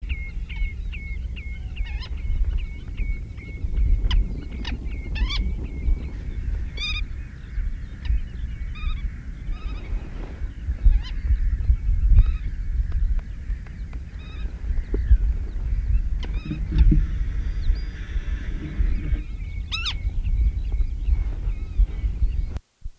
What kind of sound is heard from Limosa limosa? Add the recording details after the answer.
call. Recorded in the wild. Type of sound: call. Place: Insel Kirr, Insel Rügen, Mecklenburg-Vorpommern, DE. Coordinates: 54.421, 12.705. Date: 1970-05-24. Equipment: Nagra III BH, Sennheiser MD 21, parabola. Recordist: Schubert, Michael. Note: Uferschnepfe warnt